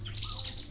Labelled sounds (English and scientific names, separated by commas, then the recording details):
Stitchbird (Notiomystis cincta) song
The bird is a male
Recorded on Tiritiri Matangi Island, New Zealand, in 2005
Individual 5, of nest box 6